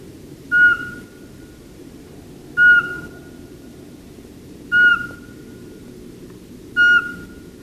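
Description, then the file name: Eurasian Pygmy Owl giving clear whistled notes, each a short bright hoot with a faint trailing tail, repeated about every two seconds, four times, over low steady background rumble. "VARPUSPOLLO"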